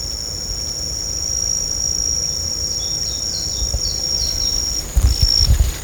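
Insect giving a steady, very high continuous whine that stops near the end, with low thumps at the close.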